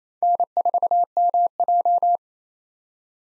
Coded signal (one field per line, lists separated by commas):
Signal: Morse code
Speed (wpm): 28 wpm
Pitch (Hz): 700 Hz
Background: none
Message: N4MJ